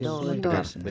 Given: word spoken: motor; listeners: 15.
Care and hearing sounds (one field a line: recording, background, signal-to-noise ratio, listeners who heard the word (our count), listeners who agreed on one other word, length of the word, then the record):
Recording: one Spanish word in noise, from a listening test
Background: four-talker babble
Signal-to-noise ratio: -1.0 dB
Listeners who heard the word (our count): 1 of 15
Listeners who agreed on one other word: 7 of 15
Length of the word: 0.51 s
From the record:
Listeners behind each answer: 7, 1, 1, 1, 1, 1, 1, 1, 1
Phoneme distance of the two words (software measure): 34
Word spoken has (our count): 2 syllables, 5 phonemes, stress on syllable 2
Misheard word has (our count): 1 syllable, 3 phonemes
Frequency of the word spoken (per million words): 36.15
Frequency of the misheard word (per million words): 1497.38